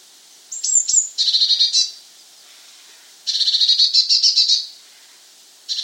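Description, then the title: Eurasian blue tit calling: a couple of thin high notes, then long buzzy churring rattles lasting up to about a second and a half, repeated after a pause. "Gelatikbt. Eurasian Blue Tit (Cyanistes caeruleus)"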